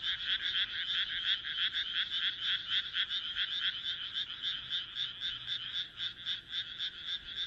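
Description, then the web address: Frogs calling, a dense chorus with clearly pulsed croaks repeated several times a second, swelling and fading in waves. "kaeru kaeru"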